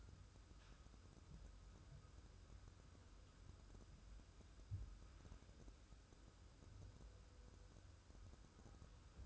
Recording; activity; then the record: daily activity, microphone in the room; wipe stove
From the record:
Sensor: 2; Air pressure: 1015.0 hPa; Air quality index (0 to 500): 47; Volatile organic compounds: 1 ppm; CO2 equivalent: 617 ppm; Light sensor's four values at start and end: 13/35/13/15 and 13/35/13/15